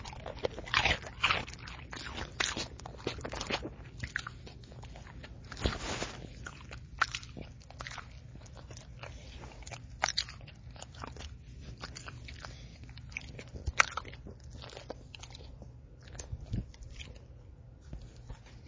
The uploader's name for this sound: Eating Cheetos